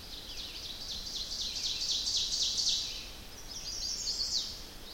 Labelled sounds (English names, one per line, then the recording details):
Ovenbird song
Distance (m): 50 m
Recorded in boreal forest in Alberta, Canada, on 10 June 2016 at 08:20
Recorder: SongMeter 3, array SBT-3-39
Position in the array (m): 103 m, 216 m
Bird 18